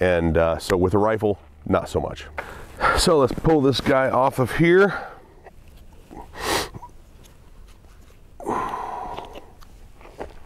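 A thermal monocular, an Armasight Sidekick 320, is pulled off a rifle mount and handled toward a helmet mount adapter while someone talks. After the talking there are soft scraping and handling noises with a few short, sharp knocks near the end. The clip ends before the monocular goes home, so nothing has seated or clicked yet.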